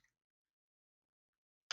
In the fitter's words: and then slide it into its spot, and you'll hear it click.